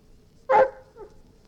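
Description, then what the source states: Golden retriever giving one sharp bark followed by a brief, soft whine that slides downward. Dog barking and whining.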